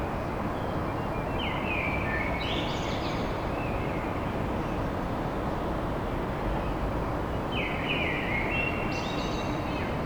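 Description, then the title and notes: Common blackbird song with two whistled phrases ending in high scratchy twitters, spaced about six seconds apart, with a loud continuous rumble of traffic behind. Song of a blackbird recorded at dawn in Paris. "Blackbird At Paris. chant de merle à l'aube dans Paris"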